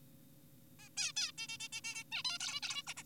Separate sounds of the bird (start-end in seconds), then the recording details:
0.80-0.89, 0.97-1.12, 1.17-1.32, 1.38-1.48, 1.49-1.58, 1.60-1.68, 1.73-1.81, 1.84-2.04, 2.12-2.23, 2.25-2.38, 2.40-2.60, 2.63-2.83, 2.87-2.94, 2.97-3.03. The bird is an adult. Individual g4p5U